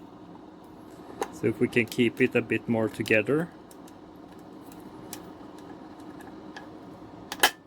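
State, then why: Seated. While repairing a sewing machine foot pedal with poor connectivity, a spring-loaded part in the pedal housing is pressed and held together so it won't fly off as it goes in. Someone talks, then after a few faint clicks a loud, sharp snap at 7.4 s marks the part seating in place, confirmed by sight.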